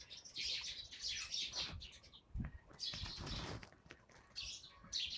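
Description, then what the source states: Eurasian tree sparrows chirping, a dense chatter of many overlapping high, sharp notes coming in bursts. Recorded while birdwatching at the Summer Palace at 6 a.m. during the National Day holiday; sparrows very noisy.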